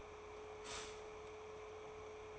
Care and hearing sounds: daily activity, microphone in the room; stop toaster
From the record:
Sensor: 1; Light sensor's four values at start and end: 3/8/3/3 and 3/8/3/3

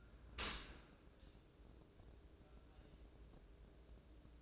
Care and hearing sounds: daily activity, microphone in the room; open dishwasher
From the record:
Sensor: 2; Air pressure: 1012.2 hPa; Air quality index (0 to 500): 144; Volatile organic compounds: 2 ppm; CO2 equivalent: 1052 ppm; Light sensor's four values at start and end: 240/588/237/236 and 246/603/243/243

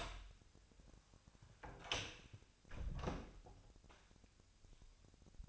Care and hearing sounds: daily activity, microphone in the room; close door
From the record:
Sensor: 2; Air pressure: 1007.4 hPa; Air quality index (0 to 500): 182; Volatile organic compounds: 10 ppm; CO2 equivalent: 2230 ppm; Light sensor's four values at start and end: 10/23/10/10 and 9/23/9/10

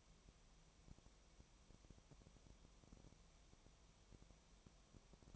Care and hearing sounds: daily activity, microphone in the room; no activity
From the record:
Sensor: 1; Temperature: 19.4 degrees Celsius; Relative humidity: 35.7%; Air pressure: 1003.3 hPa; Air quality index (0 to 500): 113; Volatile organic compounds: 2 ppm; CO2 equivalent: 1258 ppm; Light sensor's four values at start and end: 1/2/1/1 and 1/2/1/1

